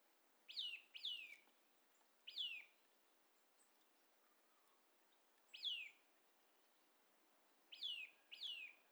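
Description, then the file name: Eurasian nuthatch calls, loud downslurred notes sweeping from high to lower pitch, given singly or in pairs with pauses of a few seconds. "Sitta europaea"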